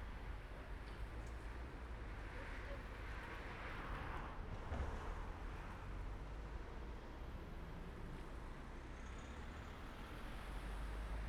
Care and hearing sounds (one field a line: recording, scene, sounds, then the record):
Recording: everyday scene through a hearing-aid microphone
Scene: in traffic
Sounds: traffic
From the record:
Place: main road on the outskirts, rush hour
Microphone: behind the ear, right, rear